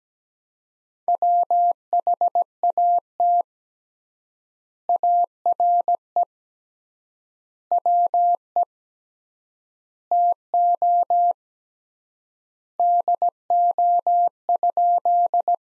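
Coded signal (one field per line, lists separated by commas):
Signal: Morse code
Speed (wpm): 17 wpm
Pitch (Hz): 700 Hz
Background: none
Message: WHAT ARE WE TO DO?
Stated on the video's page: Morse practice at 17 wpm: sentences from the top 100 words with 3x word spacing, a Farnsworth-like method using words.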